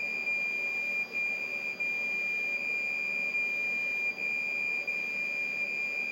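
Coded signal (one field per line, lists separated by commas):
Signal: computer data on cassette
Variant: MSX, 2400 baud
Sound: continuous high-pitched buzzer tone with about five brief dips in level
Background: background hiss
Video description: He conectado el Buzzer del MegaDuino para que se escuchen los "pitidos" de carga.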